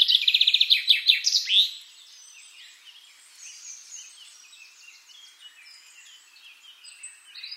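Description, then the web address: Common chaffinch song: a rapid trill of bright notes ending in a flourish, with other birds chirping faintly in the background. "SETE Fringilla coelebs"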